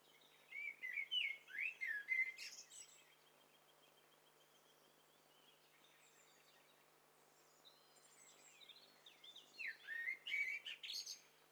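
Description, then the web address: Bird calls from several birds: a burst of rapid twittering notes, a quiet stretch with a faint thin whistle, then another lively burst of chirps and trills. Mixture of several birds calling together, in hi-fi stereo. "Hi Fi STEREO BIRD COCKTAIL PARTY Challenge SBCP TESTSET HDBird Cocktail Party-088"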